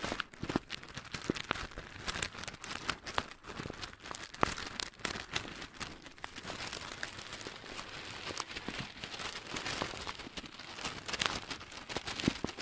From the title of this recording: Crunchy Slime x Brain Scratching